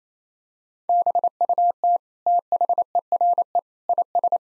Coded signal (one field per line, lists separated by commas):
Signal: Morse code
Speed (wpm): 28 wpm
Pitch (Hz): 700 Hz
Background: none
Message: BUT THERE IS